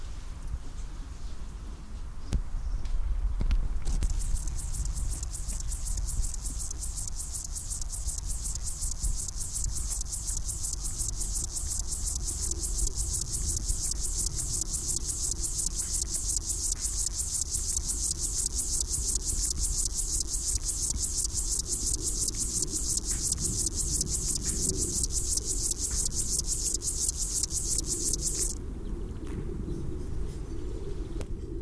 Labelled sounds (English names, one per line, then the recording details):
Upland Field Grasshopper stridulation
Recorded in the wild
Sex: male
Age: imago
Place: Mühlenbeck, Brandenburg, DE
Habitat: Feuchtbiotop
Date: 1997-08-03 13:52
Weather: 24°C, heiter
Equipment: Sony MD-WM MZ-R3, Sennheiser ME 80, K 30 AV, Kopie Uher 4000 Report Monitor
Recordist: Tembrock, Günter